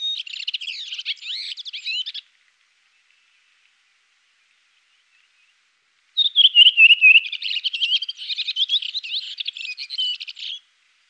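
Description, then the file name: Redwing giving a short burst of busy, scratchy twittering, a long silence, then a longer run of squeaky, rapid warbled notes. "koperwiek redwing"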